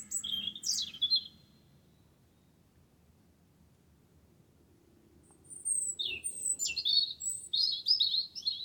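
Wren song: a short high twitter at the opening, several quiet seconds, then a vigorous, fast run of shrill notes and trills to the end.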